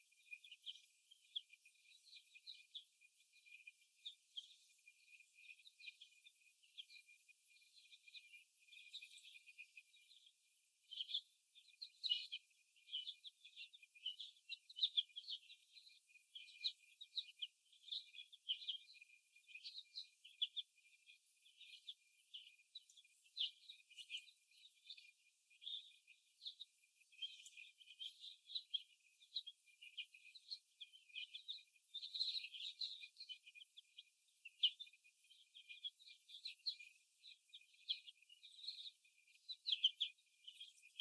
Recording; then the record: young laying hens in a cage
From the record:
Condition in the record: before the stressor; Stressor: simulated dog barking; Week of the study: 1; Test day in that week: 1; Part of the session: 2